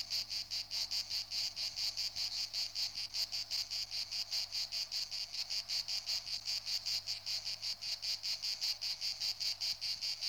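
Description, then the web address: Insect chirping in a steady series of high-pitched pulses, continuing evenly throughout. "animali insetti insetti insect"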